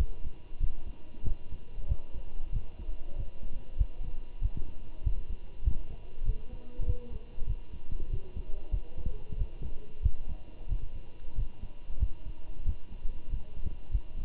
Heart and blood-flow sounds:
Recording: heart sounds by stethoscope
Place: between the tricuspid and mitral areas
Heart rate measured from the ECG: 95 bpm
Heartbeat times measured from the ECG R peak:
0.61 s: heartbeat
1.26 s: heartbeat
1.89 s: heartbeat
2.53 s: heartbeat
3.17 s: heartbeat
3.79 s: heartbeat
4.42 s: heartbeat
5.04 s: heartbeat
5.65 s: heartbeat
6.26 s: heartbeat
6.87 s: heartbeat
7.47 s: heartbeat
8.11 s: heartbeat
8.72 s: heartbeat
9.38 s: heartbeat
10.03 s: heartbeat
10.69 s: heartbeat
11.36 s: heartbeat
12.00 s: heartbeat
12.66 s: heartbeat
13.31 s: heartbeat
13.93 s: heartbeat
From the record:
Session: walking at 3.7 km/h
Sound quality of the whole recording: good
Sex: male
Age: 23 years

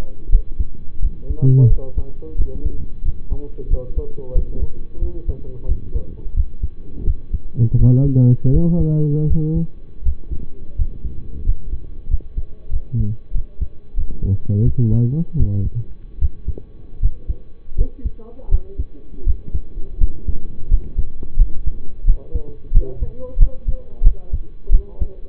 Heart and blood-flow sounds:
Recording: heart sounds by stethoscope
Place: between the tricuspid and mitral areas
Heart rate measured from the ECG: 86 bpm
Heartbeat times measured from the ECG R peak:
0.29 s: heartbeat
0.99 s: heartbeat
1.67 s: heartbeat
2.36 s: heartbeat
3.02 s: heartbeat
3.68 s: heartbeat
4.32 s: heartbeat
4.99 s: heartbeat
5.66 s: heartbeat
6.34 s: heartbeat
7.04 s: heartbeat
7.76 s: heartbeat
8.50 s: heartbeat
9.27 s: heartbeat
10.02 s: heartbeat
10.75 s: heartbeat
11.43 s: heartbeat
12.08 s: heartbeat
12.70 s: heartbeat
13.32 s: heartbeat
13.95 s: heartbeat
14.63 s: heartbeat
15.36 s: heartbeat
16.19 s: heartbeat
16.99 s: heartbeat
17.75 s: heartbeat
18.49 s: heartbeat
19.24 s: heartbeat
19.98 s: heartbeat
20.68 s: heartbeat
21.36 s: heartbeat
22.05 s: heartbeat
22.72 s: heartbeat
23.37 s: heartbeat
24.02 s: heartbeat
24.70 s: heartbeat
From the record:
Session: rest, lying down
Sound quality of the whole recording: partially saturated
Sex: male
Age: 25 years

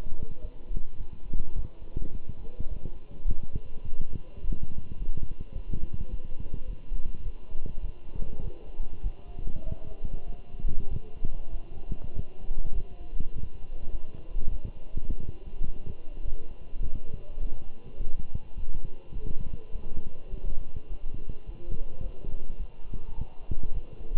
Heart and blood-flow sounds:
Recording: heart sounds by stethoscope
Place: between the tricuspid and mitral areas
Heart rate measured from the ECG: 103 bpm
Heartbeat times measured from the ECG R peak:
0.42 s: heartbeat
0.99 s: heartbeat
1.56 s: heartbeat
2.12 s: heartbeat
2.69 s: heartbeat
3.27 s: heartbeat
3.84 s: heartbeat
4.42 s: heartbeat
4.99 s: heartbeat
5.54 s: heartbeat
6.11 s: heartbeat
6.67 s: heartbeat
7.25 s: heartbeat
7.82 s: heartbeat
8.42 s: heartbeat
9.03 s: heartbeat
9.64 s: heartbeat
10.27 s: heartbeat
10.90 s: heartbeat
11.52 s: heartbeat
12.14 s: heartbeat
12.74 s: heartbeat
13.34 s: heartbeat
13.92 s: heartbeat
14.51 s: heartbeat
15.08 s: heartbeat
15.66 s: heartbeat
16.25 s: heartbeat
16.83 s: heartbeat
17.40 s: heartbeat
17.99 s: heartbeat
18.57 s: heartbeat
19.14 s: heartbeat
19.72 s: heartbeat
20.31 s: heartbeat
20.89 s: heartbeat
21.46 s: heartbeat
22.03 s: heartbeat
22.58 s: heartbeat
23.15 s: heartbeat
23.74 s: heartbeat
From the record:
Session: walking at 3.7 km/h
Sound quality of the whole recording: good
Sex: male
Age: 24 years

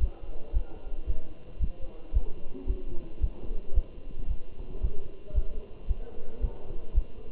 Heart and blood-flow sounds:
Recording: heart sounds by stethoscope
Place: between the tricuspid and mitral areas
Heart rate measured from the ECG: 112 bpm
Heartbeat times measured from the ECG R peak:
0.01 s: heartbeat
0.55 s: heartbeat
1.08 s: heartbeat
1.61 s: heartbeat
2.15 s: heartbeat
2.69 s: heartbeat
3.22 s: heartbeat
3.76 s: heartbeat
4.30 s: heartbeat
4.83 s: heartbeat
5.36 s: heartbeat
5.89 s: heartbeat
6.43 s: heartbeat
6.96 s: heartbeat
From the record:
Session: Bruce protocol treadmill stress test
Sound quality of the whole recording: good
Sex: male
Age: 27 years

